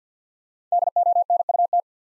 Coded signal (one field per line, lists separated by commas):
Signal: Morse code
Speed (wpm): 50 wpm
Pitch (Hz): 700 Hz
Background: none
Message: DONUT